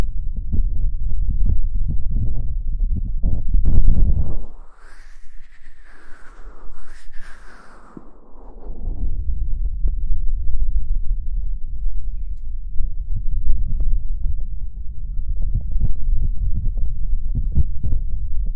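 Muffled, ear-covered rumbling fills the clip, a dense low churning with soft crackles. Around five seconds it drops away and a breathy whoosh rises and falls twice until about nine seconds, then the thick low rumbling returns and continues steadily to the end.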